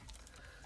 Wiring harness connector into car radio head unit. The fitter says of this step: snap like this when you hear the snap you're golden